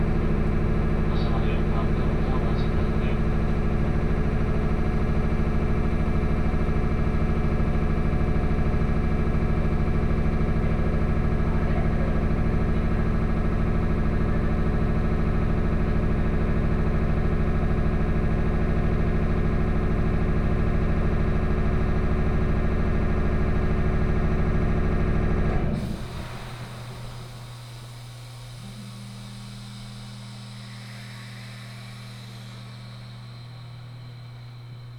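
A Senseki Line local train hums with a steady, pulsing low drone for 26 seconds, then abruptly drops to a quieter, even whine.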